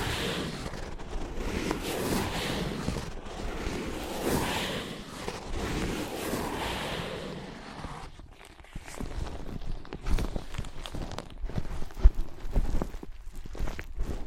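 Scratching and tracing on ear pads fills the first eight seconds with a dense, rustling scrape that swells and fades in slow waves. After that it thins into sparser, sharper taps and clicks, scattered irregularly, with short pauses between them.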